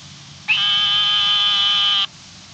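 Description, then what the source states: Narrow-mouthed frog call: one sustained, even note of about one and a half seconds with strong harmonics and a short rising onset, then silence. Frog of the family Microhylidae.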